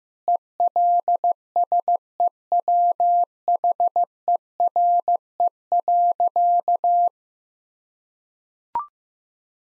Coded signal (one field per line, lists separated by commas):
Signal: Morse code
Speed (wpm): 15 wpm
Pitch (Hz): 700 Hz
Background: none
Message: ELSEWHERE.